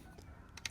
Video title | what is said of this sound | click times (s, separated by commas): Kukirin S1 Max : La meilleure trottinette à petit prix ? | On clipse devant. Et voilà. | 0.7 s